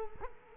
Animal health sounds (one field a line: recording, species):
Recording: mosquito wingbeat signal from an infrared sensor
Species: Culex quinquefasciatus